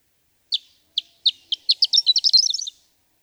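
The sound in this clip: Horned lark song with spaced thin notes accelerating into a rapid, high, tinkling cascade that lasts just over two seconds.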